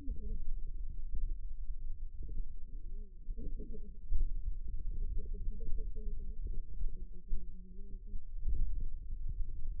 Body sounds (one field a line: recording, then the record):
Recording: forearm muscle sounds (acoustic myography)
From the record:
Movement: finger pinch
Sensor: system 2, bracelet of six BSWA MPA416 microphones around the upper forearm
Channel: 4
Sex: female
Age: 21 years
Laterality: right